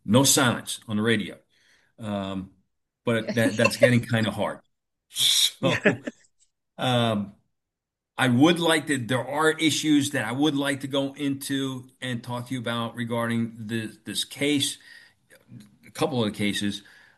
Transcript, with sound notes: no silence on the radio, um, but that-
(laughs)
... that's getting kind of hard. So, um, I would like to, there are issues that I would like to go into and talk to you about regarding this, this case, a couple of the cases,